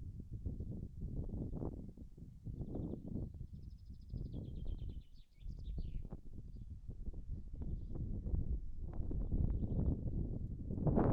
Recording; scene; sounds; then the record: everyday scene through a hearing-aid microphone; wind on the microphone; wind, birds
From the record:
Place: in front of a rural house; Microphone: behind the ear, right, front